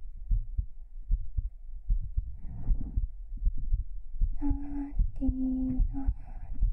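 Soft, deep, amplified heartbeat thumps repeat at about 76 a minute, their spacing somewhat uneven. Near the end, a steady hummed or whistled tone sits over the beats. It is an ordinary adult heartbeat, played to help the listener fall asleep.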